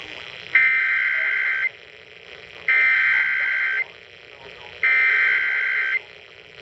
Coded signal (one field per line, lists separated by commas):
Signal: Emergency Alert System (SAME) tones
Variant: header bursts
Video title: EAS #49 Severe Thunderstorm Warning On WBAP-AM